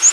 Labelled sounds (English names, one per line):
Northern Waterthrush flight call